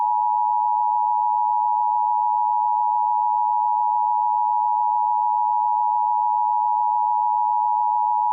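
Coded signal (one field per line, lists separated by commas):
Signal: Emergency Alert System (SAME) tones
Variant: 853 and 960 Hz attention tone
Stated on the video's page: Fictional parody EAS scenario, not a real alert.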